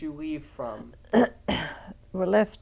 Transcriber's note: she clears her throat